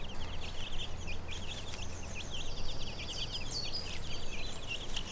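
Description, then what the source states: Chicken chicks giving a busy chorus of short, high cheeping notes, many overlapping, with low background rumble underneath. A hen with her chicks, recorded on Brownsea Island.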